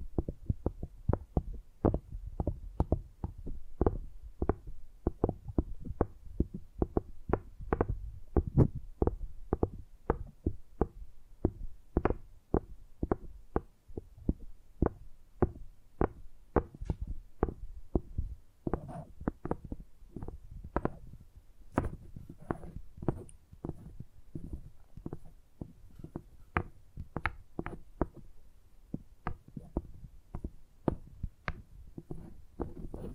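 Tingly tapping sounds, a steady stream of quick, dull knocks that continue without pause for the whole stretch. The taps are low and thumping, a few lighter ones catch a brighter edge, and the pace stays irregular and busy throughout.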